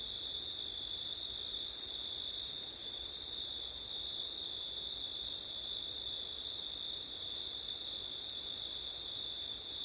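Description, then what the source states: Continuous cricket chorus, a bright sustained trill with a higher sizzling layer that briefly dips twice, over faint steady hiss. Crickets on a September night, with wind; ortif (ORTF) microphone setup.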